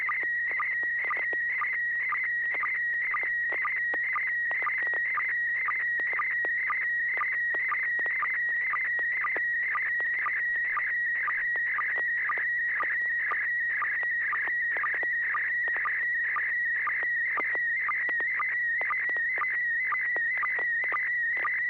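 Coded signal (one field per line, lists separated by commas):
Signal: SSTV (slow-scan television)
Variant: PD120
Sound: warbling high tone near 2 kHz with short low sync chirps twice a second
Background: low mains hum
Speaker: all right this should be uh PD 120 here we go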